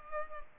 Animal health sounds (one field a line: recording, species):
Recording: mosquito wingbeat signal from an infrared sensor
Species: Culex pipiens